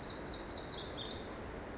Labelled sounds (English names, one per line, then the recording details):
Pacific Wren
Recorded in Sonoma County, California